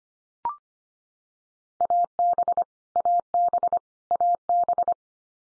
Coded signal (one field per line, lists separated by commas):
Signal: Morse code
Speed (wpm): 25 wpm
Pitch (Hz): 700 Hz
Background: none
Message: AB AB AB